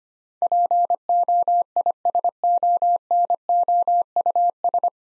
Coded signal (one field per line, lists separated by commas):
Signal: Morse code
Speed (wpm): 25 wpm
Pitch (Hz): 700 Hz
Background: none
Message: POISONOUS